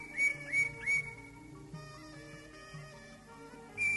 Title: Cio. Burung Cucak Ijo